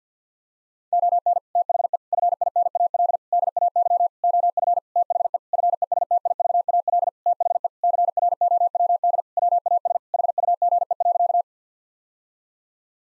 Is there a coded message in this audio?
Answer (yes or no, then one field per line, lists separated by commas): yes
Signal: Morse code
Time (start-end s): 0.9-11.4 s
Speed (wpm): 50 wpm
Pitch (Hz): 700 Hz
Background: none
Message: ON THE FINAL DAY OF THE FESTIVAL THE CROWD WAS HUGE.